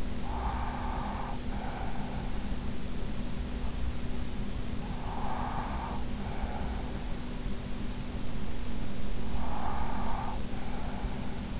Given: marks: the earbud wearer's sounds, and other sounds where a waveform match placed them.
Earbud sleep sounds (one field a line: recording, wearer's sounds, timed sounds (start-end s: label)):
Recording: sounds in sleep by an in-ear microphone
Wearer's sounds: breath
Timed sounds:
0.00-2.65 s: breath
4.52-7.17 s: breath
9.11-11.60 s: breath